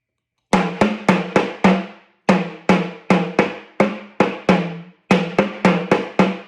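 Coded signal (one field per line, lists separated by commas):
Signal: talking drum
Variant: Yoruba Sakara drum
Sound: sixteen resonant drum strokes in three speech-like phrases, low ringing pitch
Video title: Ifa ni o pa ẹni to fi oju ekurọ wo Ọrunmila - by Jammal.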